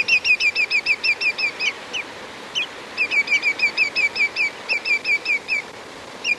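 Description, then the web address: Greater yellowlegs giving rapid strings of clear, downslurred whistled notes, with a pause in the middle, over a steady background hiss. "cantos pitotgrande"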